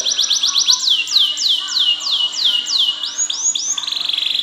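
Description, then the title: Canary song opening with quick descending chips, then slower falling whistles, a few rising loops and a closing buzzy trill. "Ini Baru Kenari!"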